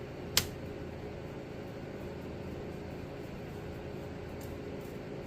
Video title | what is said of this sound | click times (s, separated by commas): Monstrum Panzer LPVO Install | Yep, we hear it click. | 0.4 s